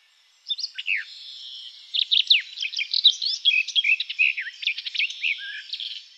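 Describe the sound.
Garden warbler song beginning after half a second and continuing as a long, even flow of rapid, mellow warbling.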